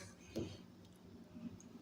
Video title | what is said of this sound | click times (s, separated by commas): My 123L Fluval Flex Reef Tank WK8 | pop that bad boy right on click right it'll click right in for you | 0.4 s